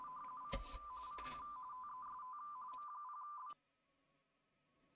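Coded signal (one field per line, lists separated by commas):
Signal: RTTY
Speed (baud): 45.45 baud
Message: CQ CQ TEST M0B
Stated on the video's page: 80 m contest operation, livestreamed.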